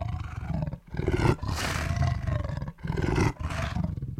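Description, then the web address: Tiger roaring: several deep, rumbling roars with rough low tones and a raspy upper edge, separated by brief pauses. "big cats|tigers"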